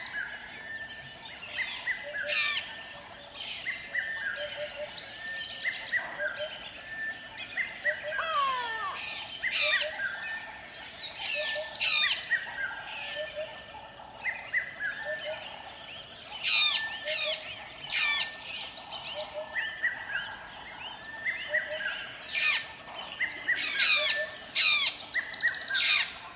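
A dense dawn chorus of many birds rings across a dry riverbed, with steady high insect hiss, repeated sharp whistles and descending trills throughout.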